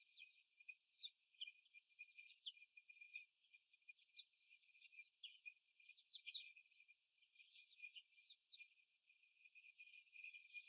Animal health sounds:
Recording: young laying hens in a cage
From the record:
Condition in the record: after the stressor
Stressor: simulated dog barking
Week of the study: 1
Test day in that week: 1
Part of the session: 1

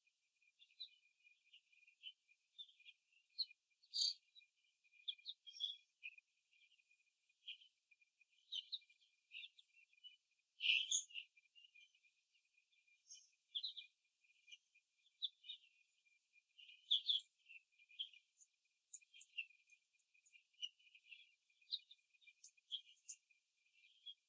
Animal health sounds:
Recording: young laying hens in a cage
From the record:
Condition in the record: after the stressor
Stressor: simulated dog barking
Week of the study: 3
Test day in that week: 1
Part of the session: 3

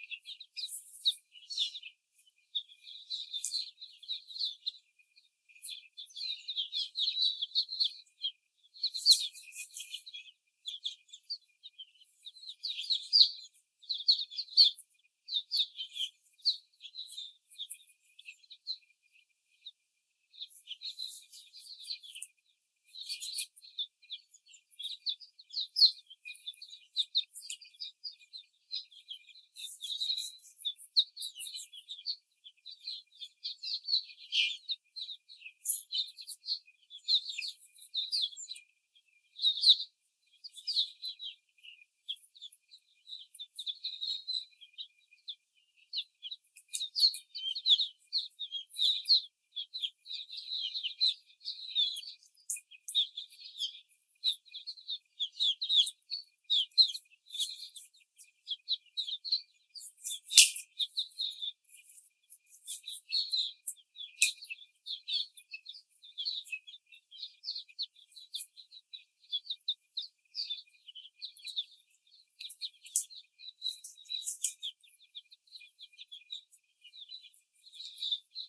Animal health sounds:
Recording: young laying hens in a cage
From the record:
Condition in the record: before the stressor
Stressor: simulated dog barking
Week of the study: 4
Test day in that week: 3

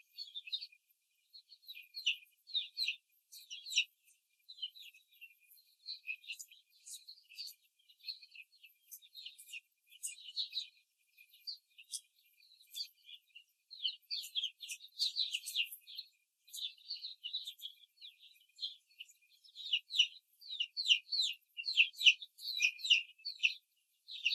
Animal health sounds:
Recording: young laying hens in a cage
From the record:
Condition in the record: before the stressor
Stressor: simulated dog barking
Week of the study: 3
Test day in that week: 2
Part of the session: 1

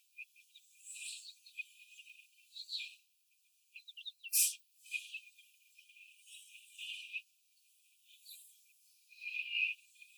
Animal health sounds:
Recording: young laying hens in a cage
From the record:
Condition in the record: before the stressor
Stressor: simulated dog barking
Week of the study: 4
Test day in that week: 2

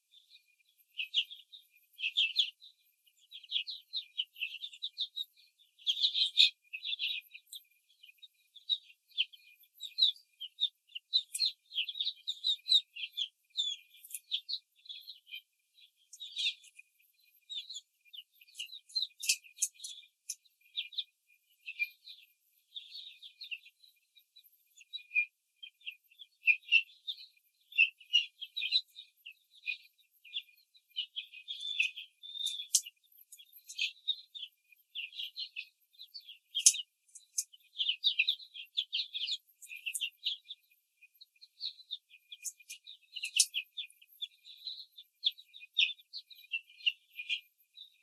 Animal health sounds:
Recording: young laying hens in a cage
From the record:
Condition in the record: control cage, after the stress test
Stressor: none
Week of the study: 4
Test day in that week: 3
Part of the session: 3

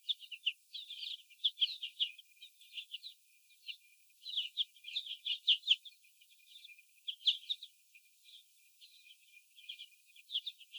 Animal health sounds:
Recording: young laying hens in a cage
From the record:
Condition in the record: before the stressor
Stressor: sudden umbrella opening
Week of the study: 2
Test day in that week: 1

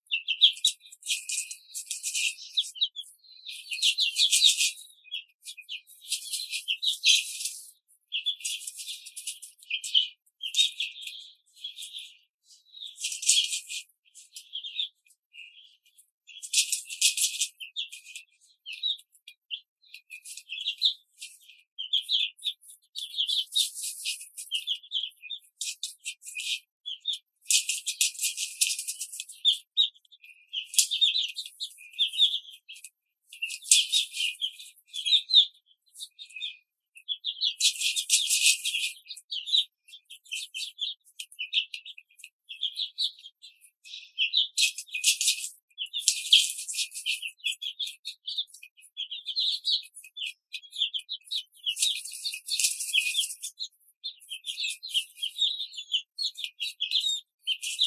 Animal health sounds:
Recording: young laying hens in a cage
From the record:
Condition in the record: control cage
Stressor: none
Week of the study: 5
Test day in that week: 1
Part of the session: 3

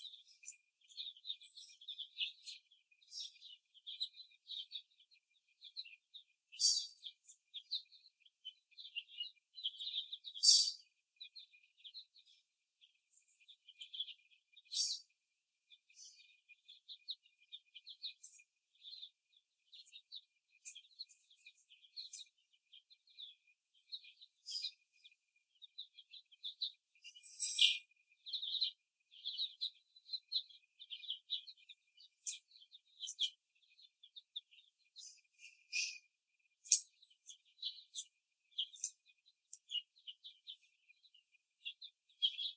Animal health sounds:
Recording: young laying hens in a cage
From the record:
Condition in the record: before the stressor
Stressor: simulated dog barking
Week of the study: 1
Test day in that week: 2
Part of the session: 2

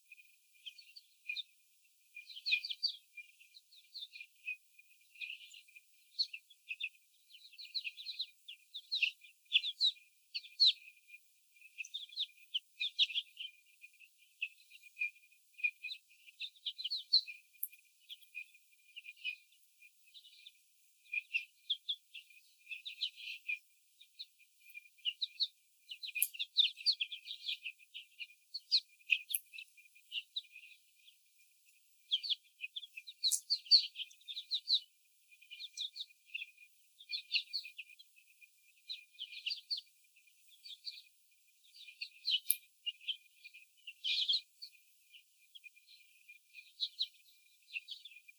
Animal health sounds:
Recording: young laying hens in a cage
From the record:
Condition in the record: before the stressor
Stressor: sudden umbrella opening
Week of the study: 3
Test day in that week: 2

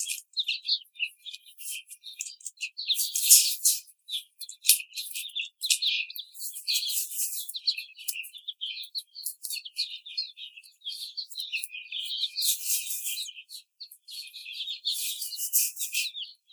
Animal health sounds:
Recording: young laying hens in a cage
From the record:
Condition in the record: treatment cage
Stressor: simulated dog barking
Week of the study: 5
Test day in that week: 1

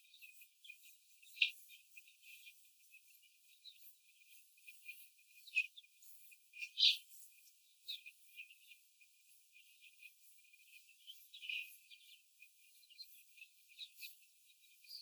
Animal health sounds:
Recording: young laying hens in a cage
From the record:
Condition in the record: after the stressor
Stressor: simulated dog barking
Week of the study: 4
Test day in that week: 1

